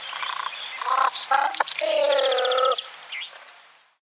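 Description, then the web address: Great cormorant calls: a few separate croaks, then a long nasal gargling note with rapid pulsing that falls slightly, then a faint croak as the sound fades. "Schulze Peter Great Cormorant"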